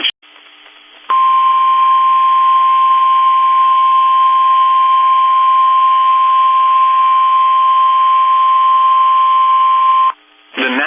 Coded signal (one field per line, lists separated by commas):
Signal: Emergency Alert System (SAME) tones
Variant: 1050 Hz attention tone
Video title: EAS Timeline | Kansas Supercells Prompts Tornado Emergency | NOAA Weather Radio